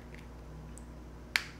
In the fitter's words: snaps in place you're gonna see it come on